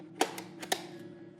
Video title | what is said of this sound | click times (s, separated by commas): The BEST budget wireless video transmitter - Hollyland Cosmo C2 | When you throw one of those on there, it clicks right in. | 0.2 s, 0.7 s